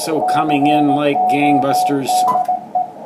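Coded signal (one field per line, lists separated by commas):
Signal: Morse code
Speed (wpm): 18 wpm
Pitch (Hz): 750 Hz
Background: speech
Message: CODE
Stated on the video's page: Band watch of HF bands from 20 to 10 metres; 6 metres sounds dead.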